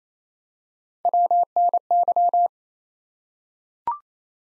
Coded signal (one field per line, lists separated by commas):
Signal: Morse code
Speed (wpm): 27 wpm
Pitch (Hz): 700 Hz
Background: none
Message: WNY